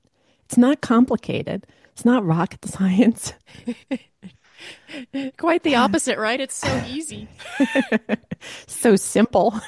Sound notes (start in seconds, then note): 4.6 laughs; 6.6 laughs